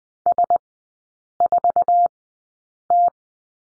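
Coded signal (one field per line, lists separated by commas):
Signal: Morse code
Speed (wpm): 20 wpm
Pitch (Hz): 700 Hz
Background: none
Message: S4T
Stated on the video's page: Morse code course lesson of three-character groups with Farnsworth spacing at 20/10 wpm.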